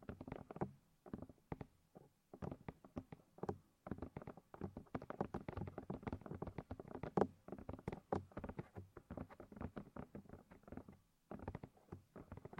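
Deep ear massage sounds: a dense, fast run of soft tapping, rubbing and crackling touches, each one short and crisp. The rhythm is busy and uneven, with brief gaps around the second mark and again near eleven seconds before the pattering resumes.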